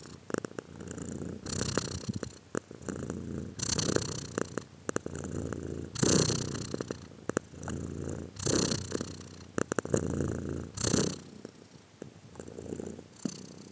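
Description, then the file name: Cat purring in long cycles, a low rough vibrating hum building and easing with each breath every couple of seconds, with some crackling. "cat again"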